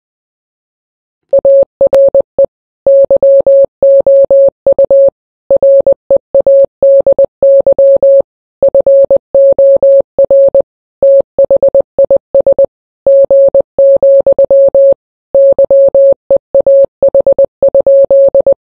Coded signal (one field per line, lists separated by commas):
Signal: Morse code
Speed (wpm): 20 wpm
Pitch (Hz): 550 Hz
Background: none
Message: ARE YOU READY FOR THIS G, YEAH?